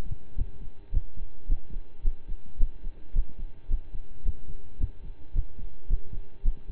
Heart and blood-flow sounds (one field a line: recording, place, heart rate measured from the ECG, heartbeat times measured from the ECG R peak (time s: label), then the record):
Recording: heart sounds by stethoscope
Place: between the tricuspid and mitral areas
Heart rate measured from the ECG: 109 bpm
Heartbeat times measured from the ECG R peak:
0.35 s: heartbeat
0.91 s: heartbeat
1.46 s: heartbeat
2.02 s: heartbeat
2.57 s: heartbeat
3.12 s: heartbeat
3.68 s: heartbeat
4.23 s: heartbeat
4.77 s: heartbeat
5.32 s: heartbeat
5.87 s: heartbeat
6.42 s: heartbeat
From the record:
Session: slow and fast walking with breaks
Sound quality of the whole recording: saturated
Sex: male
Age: 25 years